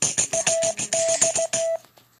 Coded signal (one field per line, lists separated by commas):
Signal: Morse code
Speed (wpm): 16 wpm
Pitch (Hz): 660 Hz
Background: music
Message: AX